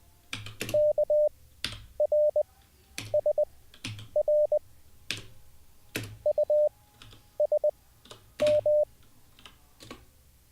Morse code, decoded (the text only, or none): KRSR USM